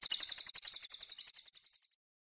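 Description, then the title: Oriental magpie-robin song: a rapid run of high, sharp repeated notes, about ten per second, fading out after two seconds. "Kicau Kacer"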